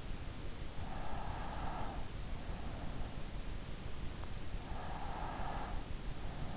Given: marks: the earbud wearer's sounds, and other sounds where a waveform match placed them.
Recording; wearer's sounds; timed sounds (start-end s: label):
sounds in sleep by an in-ear microphone; breath
0.50-2.56 s: breath
4.19-6.44 s: breath